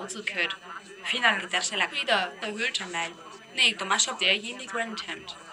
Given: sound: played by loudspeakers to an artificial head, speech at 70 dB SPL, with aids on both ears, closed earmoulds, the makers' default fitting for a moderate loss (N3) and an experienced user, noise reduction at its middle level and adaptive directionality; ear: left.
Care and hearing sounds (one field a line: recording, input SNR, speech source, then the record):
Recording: speech test signal (ISTS) in cocktail-party noise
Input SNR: +6 dB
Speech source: in front (0 degrees)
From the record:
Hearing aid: class 2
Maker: E